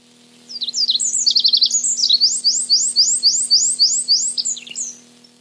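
Olive-backed pipit song: high, thin notes at first, then a fast run of several repeated rising notes, with a faint steady hum below.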